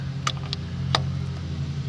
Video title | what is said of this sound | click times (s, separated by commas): HONDA ACCORD 2001 SPARK PLUGS REPLACEMENT | you just take your boots pushing back in until you hear that snap and | 1.0 s